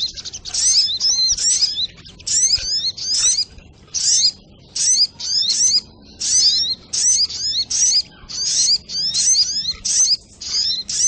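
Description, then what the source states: Little Spiderhunter song: rapid bursts of high, sharp chirps and downslurred notes, grouped in short phrases with brief gaps, continuing steadily throughout. Training recording (masteran) of the sogok ontong's song, labelled 'labaik'.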